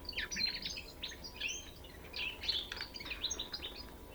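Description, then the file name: European goldfinch twittering, rapid clear liquid notes tumbling together with a brief pause midway, over a soft low rumble. "Carduelis carduelis"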